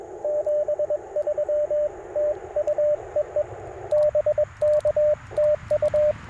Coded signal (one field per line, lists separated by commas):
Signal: Morse code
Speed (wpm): 21 wpm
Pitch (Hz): 590 Hz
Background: radio noise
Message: 73 TU EE BK TU